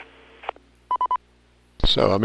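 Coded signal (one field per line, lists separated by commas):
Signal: none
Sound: repeater courtesy tone beeps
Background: speech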